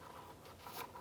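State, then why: Not seated. A plastic protective cover on a 2006-2012 Ford Fusion is handled under the car while its locking tabs are pushed up toward their underbody slots, after replacing the vapor canister purge solenoid valve. Soft rubbing and scraping is heard, with a slightly louder scrape around 0.7–0.8 s. Nothing has seated or clicked yet.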